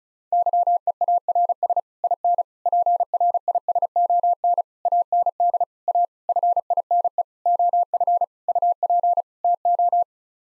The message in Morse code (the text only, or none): YEARS IN PRISON AND A FINE OF UP TO